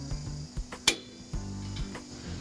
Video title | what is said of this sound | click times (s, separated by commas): How to: Setup Kitchen & Electrical MDC XT16HR EAST WEST | get those locked in then | 0.9 s